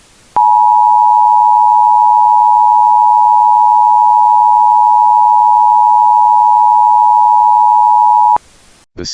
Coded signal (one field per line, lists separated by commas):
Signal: Emergency Alert System (SAME) tones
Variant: 853 and 960 Hz attention tone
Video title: Rare 911 outage EAS alert #eas #emergencyalertsystem #emergencyalert #easalert #911 #emergency